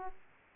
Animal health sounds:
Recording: mosquito wingbeat signal from an infrared sensor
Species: Aedes aegypti

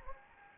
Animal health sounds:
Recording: mosquito wingbeat signal from an infrared sensor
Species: Anopheles gambiae

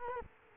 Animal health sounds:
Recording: mosquito wingbeat signal from an infrared sensor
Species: Culex quinquefasciatus

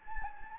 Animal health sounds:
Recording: mosquito wingbeat signal from an infrared sensor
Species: Anopheles gambiae

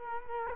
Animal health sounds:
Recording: mosquito wingbeat signal from an infrared sensor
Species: Culex quinquefasciatus

